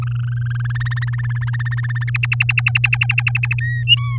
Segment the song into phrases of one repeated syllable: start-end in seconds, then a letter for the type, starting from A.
0.02-0.72 A, 0.75-2.10 B, 2.14-3.54 C, 3.60-3.83 D, 3.87-4.17 E